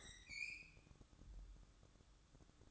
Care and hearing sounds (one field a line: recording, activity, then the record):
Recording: daily activity, microphone in the room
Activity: open fridge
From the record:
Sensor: 3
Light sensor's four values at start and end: 14/32/14/14 and 14/32/14/14